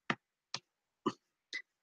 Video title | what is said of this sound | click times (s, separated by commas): Bit Late Today | they're getting tight like this it's nice to hear them click in because you know they've gone right in properly | 0.1 s, 0.5 s, 1.1 s, 1.5 s